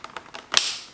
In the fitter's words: and there's the click and now the elevator's on with no screws and no glue